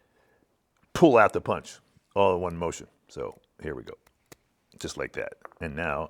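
Someone talks while handling a slide pull device in a Glock pistol slide, pushing down the spring and the slide cover plate and pulling out the punch in one motion. Only speech is heard, with a faint tick near 0.8 s. Nothing has seated or clicked yet; the spacer sleeve of the slide pull plate has not snapped into place.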